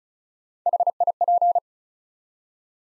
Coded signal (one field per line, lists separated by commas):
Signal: Morse code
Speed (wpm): 36 wpm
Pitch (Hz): 700 Hz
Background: none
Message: HIP